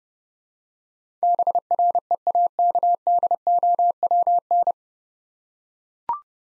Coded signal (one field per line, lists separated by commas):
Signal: Morse code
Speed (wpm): 30 wpm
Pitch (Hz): 700 Hz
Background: none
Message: BREAKDOWN